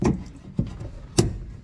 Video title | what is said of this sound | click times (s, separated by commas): Pure Flow AirDog 165 Lift Pump How To Install Tips and Tricks | You heard that click? | 1.2 s